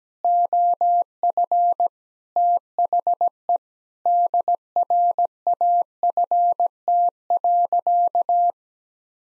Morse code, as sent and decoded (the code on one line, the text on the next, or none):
--- ..-. / - .... . / -.. .-. .- ..-. - .-.-.-
OF THE DRAFT.